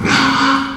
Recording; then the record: squeal of a Yucatan mini pig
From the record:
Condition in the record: after surgery on the right vocal fold (resection and tissue-engineered implant); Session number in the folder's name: 16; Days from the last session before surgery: 183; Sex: female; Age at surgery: 19 weeks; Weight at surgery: 25 kg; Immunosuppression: prednisolone